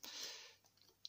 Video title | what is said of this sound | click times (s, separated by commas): Tamiya Porsche 911Gt1 1/24 Finish | Donc pour la vue finale, c'est un peu dommage. Tac. | 1.1 s